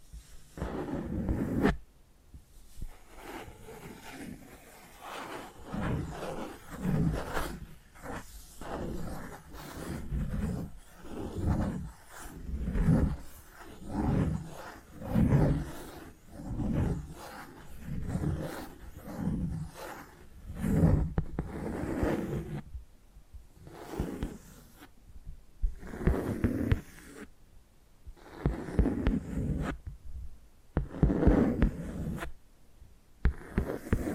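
Tapping and scratching sounds repeat in a steady rhythm of soft, low thuds with rough scraping, pausing briefly now and then, growing sharper near the end.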